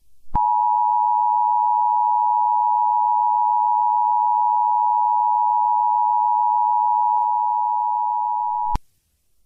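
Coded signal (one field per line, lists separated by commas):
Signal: Emergency Alert System (SAME) tones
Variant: 853 and 960 Hz attention tone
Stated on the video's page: Morse code at the start of a fictional EAS mock scenario.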